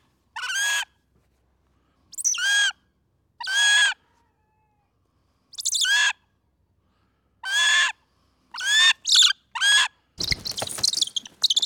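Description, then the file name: Northern goshawk producing rasping, screaming calls at irregular intervals, quickening near the end, followed by a burst of broad noise. "Digiffects Sound Effects Library - Goshawk"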